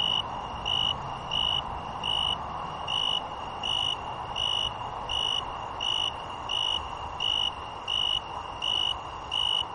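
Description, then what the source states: Broad-winged tree cricket chirps in regular, bright ringing bursts, recurring roughly every 0.7 seconds above a continuous background hiss. Recorded 28 June 2014.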